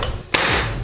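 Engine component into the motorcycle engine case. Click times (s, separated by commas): 0.3 s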